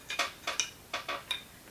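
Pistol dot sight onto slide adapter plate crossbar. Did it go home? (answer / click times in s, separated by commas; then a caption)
no / none. A Gideon Optics Mediator enclosed-emitter red dot sight is handled over a pistol slide's adapter plate, its crossbar lined up with the slot as it is lowered. Light, bright metallic taps and ticks sound around 0.2, 0.5, 0.6, 0.9, 1.1 and 1.3 seconds, with quiet gaps between them. Nothing has seated or clicked into place yet.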